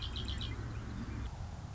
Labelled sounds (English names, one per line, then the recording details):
Red-winged Blackbird
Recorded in Sonoma County, California